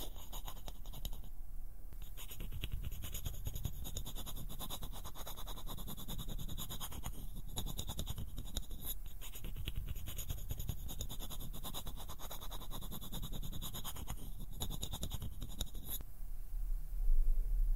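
Fingers pluck, pinch and flutter in a dense run of soft scratchy ticks over a low rumble, steady throughout, ending with a thump.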